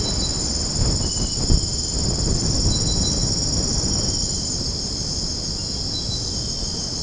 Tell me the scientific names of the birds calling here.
none